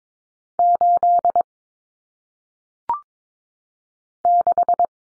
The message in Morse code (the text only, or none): 8 6